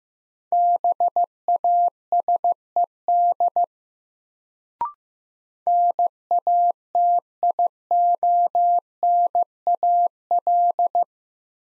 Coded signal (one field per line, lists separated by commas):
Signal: Morse code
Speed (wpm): 15 wpm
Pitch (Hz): 700 Hz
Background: none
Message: BASED NATIONAL